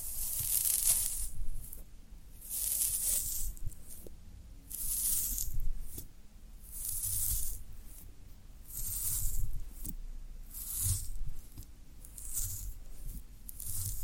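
Floral foam is worked in a steady series of bright, crisp crunching and hissing bursts, each lasting about a second and coming roughly every one to two seconds. A soft low rumble and occasional faint thumps sit underneath throughout.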